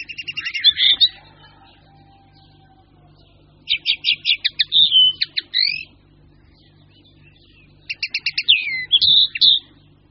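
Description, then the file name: Eurasian linnet song in three separate bursts of quick twittering notes ending in slurred whistles, with quiet gaps of two to three seconds between them. "Konopka obecná"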